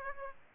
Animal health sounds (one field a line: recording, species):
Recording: mosquito wingbeat signal from an infrared sensor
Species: Aedes aegypti